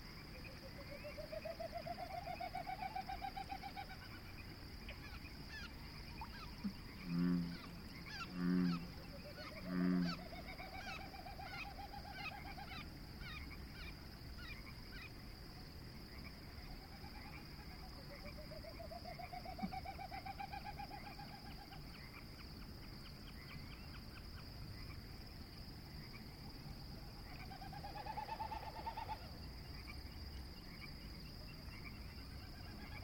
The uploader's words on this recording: Frogs and Snipe. This is an evening recording made at the Conboy Lake National Wildlife Refuge. I can identify, quite readily, the Bullfrogs and Pacific Chorus Frogs... This track is straight from the recorder, down-mixed to stereo from Double-MS, boosted +15db (despite the pre-amps already being open all the way), down sampled to 48kHz from 192kHz. Biophony: frogs, frogs, more frogs, Wilson's Snipe, waterfowl coots?